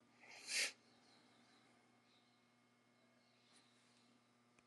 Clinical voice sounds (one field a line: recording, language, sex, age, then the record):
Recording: short text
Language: Brazilian Portuguese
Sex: female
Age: 60 to 69 years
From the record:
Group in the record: control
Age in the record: 68 years